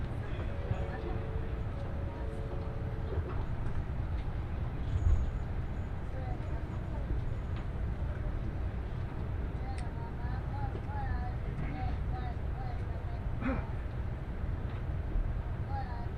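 A ride on the Nishi-Kyushu Shinkansen from Nagasaki toward Saga, heard as a steady, dense low rumble that never lets up. Faint voices or an announcement drift over it, with a held tone in the first three seconds and a brief thump near five seconds.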